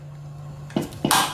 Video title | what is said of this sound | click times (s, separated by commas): REGULATOR GAS TEKANAN RENDAH MERK COM-U12RM DARI DESTEC - REVIEW PRODUK - DUNIA BONGKAR | 1 2 Nah klik dua kali berarti tandanya dia udah mengunci dengan baik | 0.8 s, 1.1 s